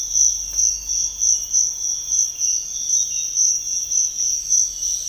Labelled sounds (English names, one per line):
none